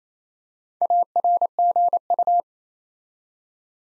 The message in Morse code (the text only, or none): ARGU